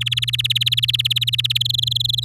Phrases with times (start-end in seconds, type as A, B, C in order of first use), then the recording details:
0.01-1.58 A, 1.60-2.25 B. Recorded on 10 May 2018 at 15:50. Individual llb16